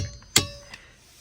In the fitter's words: all right as soon as you hear that click